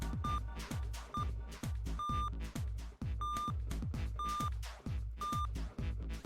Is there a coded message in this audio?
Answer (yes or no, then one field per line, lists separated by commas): no